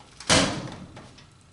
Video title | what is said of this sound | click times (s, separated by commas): How To Change The Battery In The MyQ Garage Door Sensor | put it into place and you'll hear it snap in | 0.2 s